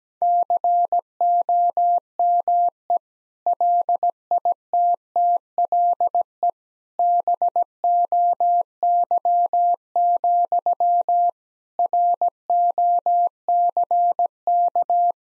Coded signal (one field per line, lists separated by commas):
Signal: Morse code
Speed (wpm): 17 wpm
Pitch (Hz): 700 Hz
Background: none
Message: COME LITTLE BOY, ROCK